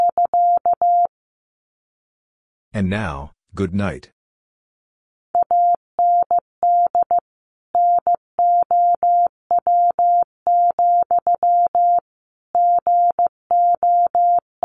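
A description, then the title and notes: A steady mid-pitched tone keys on and off in short dots and longer dashes, spelling words in Morse code. After a burst of beeps at the start, a spoken voice comes in near the three-second mark, then the Morse resumes from about five seconds onward in regular groups. Sentences from Top 300 Words 15wpm. First, the words are sent in Morse code. Then it is spoken.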